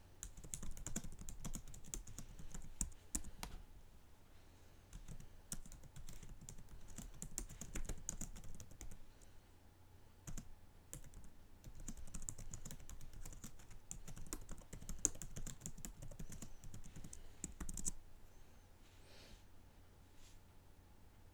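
Dense bursts of keyboard typing with sharp clicks, pausing briefly around five and ten seconds, then thinning out after eighteen seconds.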